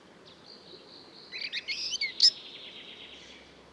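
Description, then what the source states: Bird giving a faint thin buzz, then a short burst of scratchy, warbled high notes that peaks in one sharp accented chirp. Recorded on Mallorca; song described as lacking repeated motifs.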